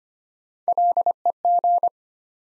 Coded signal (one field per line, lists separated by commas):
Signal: Morse code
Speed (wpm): 25 wpm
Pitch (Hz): 700 Hz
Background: none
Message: LEG